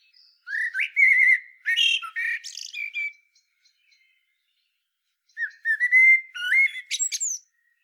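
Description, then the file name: Common blackbird song: two fluted warbling phrases with higher squeaky twitters, separated by a pause of about two seconds. "Turdus merula"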